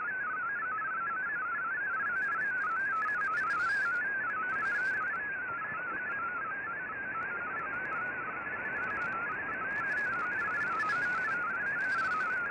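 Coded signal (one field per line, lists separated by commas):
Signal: multi-tone FSK (Olivia or MFSK type)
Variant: MFSK32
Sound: rapid warbling single tone hopping between pitches, over steady hiss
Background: radio static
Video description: Here is my decode of the Shortwave Radiogram broadcast today on 15770Khz shortwave radio at 1300UTC in MFSK32 and 64 with 10 SSTV images.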